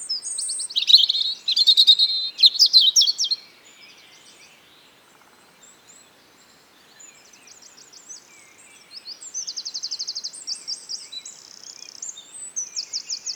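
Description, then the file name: European robin singing a high, rich warbled phrase with trilled notes early, then a pause and a quieter run of fine rapid trills toward the end. "Erithacus rubecula"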